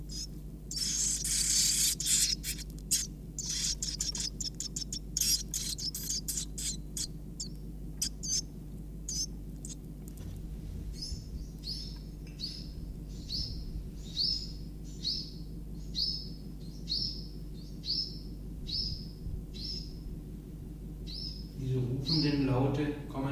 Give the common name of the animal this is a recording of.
Iberian Chiffchaff